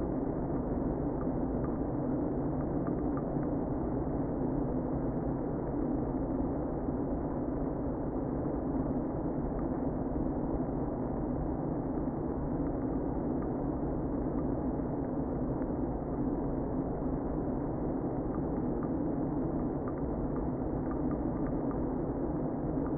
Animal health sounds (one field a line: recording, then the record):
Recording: honeybee colony, microphone inside the hive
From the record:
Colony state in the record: queen present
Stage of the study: before two queens were removed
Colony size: about 60,000 bees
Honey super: yes